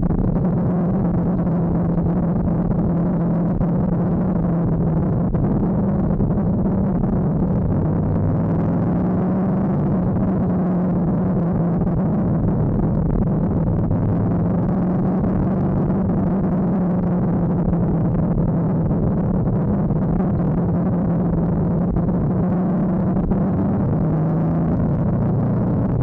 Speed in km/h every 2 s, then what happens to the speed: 55, 52, 44, 48, 56, 49, 50, 58, 52, 48, 43, 37, 46.
0-4 slows to 44. 4-7 speeds up to 56. 10-15 speeds up to 58. 15-22 slows to 37. 23-26 speeds up to 46.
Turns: 2-13, 13-23.